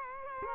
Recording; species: mosquito wingbeat signal from an infrared sensor; Culex quinquefasciatus